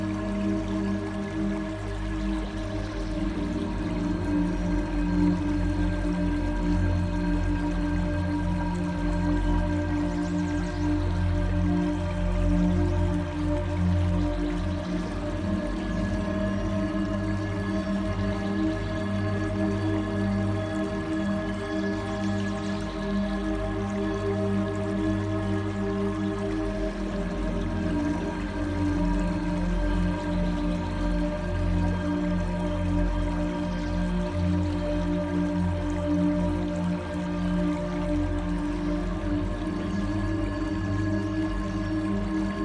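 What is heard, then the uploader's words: Smooth water flows without pause for the whole stretch, a dense, even wash weighted toward the low end. A steady hum of sustained tones sits under it, with faint drips and soft squishy ticks scattered on top. Nothing builds or fades. Smooth water flow with Nature Sounds.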